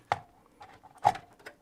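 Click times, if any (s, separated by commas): none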